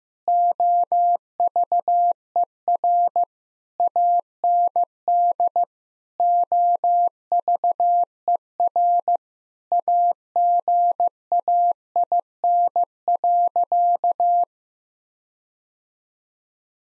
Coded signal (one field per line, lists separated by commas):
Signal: Morse code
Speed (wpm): 15 wpm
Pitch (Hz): 700 Hz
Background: none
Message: OVER AND OVER AGAIN.